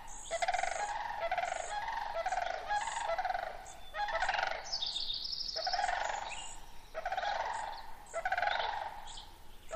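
Sandhill cranes giving rolling, rattling bugled calls in repeated bursts.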